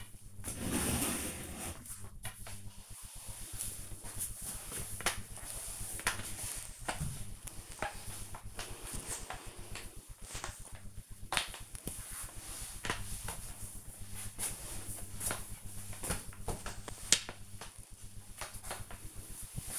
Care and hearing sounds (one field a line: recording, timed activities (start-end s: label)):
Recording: household activities, microphone on the right wrist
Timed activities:
0.00-19.79 s: floor cleaning